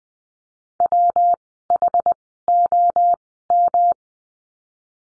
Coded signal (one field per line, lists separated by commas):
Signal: Morse code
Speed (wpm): 20 wpm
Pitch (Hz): 700 Hz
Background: none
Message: WHOM